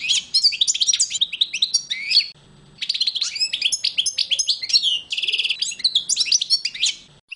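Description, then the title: European goldfinch song, a rapid tumbling stream of bright liquid twitters and tinkling notes, with a brief pause after two seconds and a buzzy trill near five seconds. "chardonneret"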